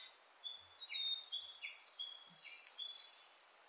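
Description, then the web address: Willow tit calling, thin high drawn-out notes overlapping with three short, lower buzzy notes. Recorded 21 April 1998. "1998 980421 kogara"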